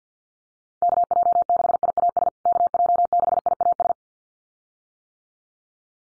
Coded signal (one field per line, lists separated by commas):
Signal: Morse code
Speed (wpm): 50 wpm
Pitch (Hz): 700 Hz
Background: none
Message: KJ6IAS KJ6IAS